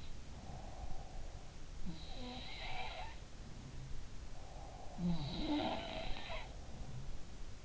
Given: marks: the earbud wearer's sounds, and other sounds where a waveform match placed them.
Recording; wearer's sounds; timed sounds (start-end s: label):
sounds in sleep by an in-ear microphone; breath
0.00-1.32 s: sound from someone else or the room
0.26-1.53 s: breath
1.69-3.90 s: sound from someone else or the room
4.29-6.99 s: breath
4.72-7.48 s: sound from someone else or the room